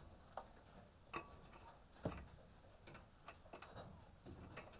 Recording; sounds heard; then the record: poultry house recording; healthy chickens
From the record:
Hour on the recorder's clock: 18